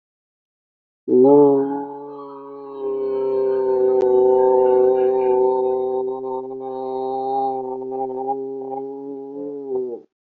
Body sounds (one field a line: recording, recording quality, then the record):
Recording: sustained vowel as in boot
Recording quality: excellent, no background noise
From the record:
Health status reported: healthy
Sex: male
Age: 52 years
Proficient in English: yes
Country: India